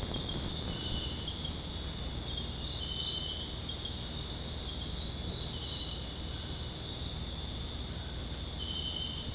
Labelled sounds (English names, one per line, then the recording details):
none
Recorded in dense forest near Puerto Asís, Putumayo, Colombia, on 26 December 2024 at 19:00
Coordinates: 0.481, -76.323
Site G100